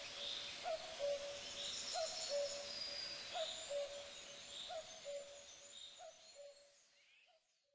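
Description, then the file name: Common cuckoo giving repeated two-note cu-coo calls, a higher first note falling to a lower second, about six in a row, the last ones fading out. "kukulka"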